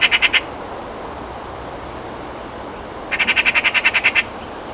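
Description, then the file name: Eurasian magpie rattle: a brief harsh burst, then after a pause a longer run of about a dozen fast grating notes. "Pica pica"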